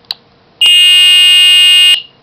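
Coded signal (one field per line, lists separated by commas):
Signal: pager alert tone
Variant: Motorola Minitor V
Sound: a click, then one steady shrill buzzy tone lasting about 1.3 seconds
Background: small room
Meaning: The pager has entered programming mode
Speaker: make sure the pag is in C mode uh mine is have to turn it off you hold down the button and you turn it on and this is what happens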